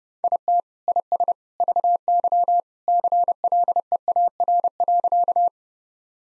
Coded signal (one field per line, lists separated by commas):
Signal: Morse code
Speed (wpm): 32 wpm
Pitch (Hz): 700 Hz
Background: none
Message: IT IS VY CLEAR.